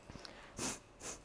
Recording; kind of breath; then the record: one breath in and out by a microphone near the nose and mouth; strong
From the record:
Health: marked as sick, illness not named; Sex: female